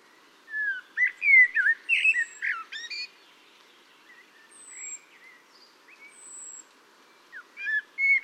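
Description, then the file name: Common blackbird with a loud tumble of whistled and scratchy notes early on, faint high calls in the middle, then another phrase at the end. "Turdus merula"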